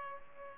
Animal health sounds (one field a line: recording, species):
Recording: mosquito wingbeat signal from an infrared sensor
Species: Culex pipiens